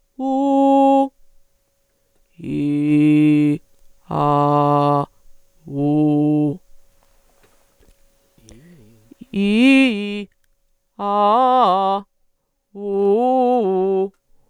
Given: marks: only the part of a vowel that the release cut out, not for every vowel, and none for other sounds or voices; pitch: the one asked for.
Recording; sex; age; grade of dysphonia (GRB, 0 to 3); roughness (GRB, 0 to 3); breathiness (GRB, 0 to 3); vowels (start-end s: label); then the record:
sustained vowels; female; 30 to 39 years; 0; 0; 0
0.34-1.01 s: vowel /u/, high pitch
2.92-3.49 s: vowel /i/, low pitch
4.23-4.99 s: vowel /a/, low pitch
5.84-6.46 s: vowel /u/, low pitch
9.39-10.16 s: vowel /i/, low-high-low pitch
11.11-11.93 s: vowel /a/, low-high-low pitch
12.97-14.00 s: vowel /u/, low-high-low pitch
From the record:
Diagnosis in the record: healthy voice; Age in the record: 30 years